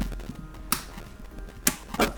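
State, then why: Seated. A bogie is pressed back into the plastic body of an HO model locomotive, a 22200 from LS Models, fitting into the chassis. Two small, sharp clicks sound at 0.7 s and 1.7 s, one per side, over a quiet background with a softer tap near 2.0 s. The bogie is seated.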